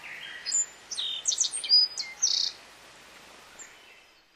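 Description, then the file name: Bunting song: a short phrase of bright, high, sharply clipped notes in a rapid uneven series, followed by quiet hiss. "black bunting"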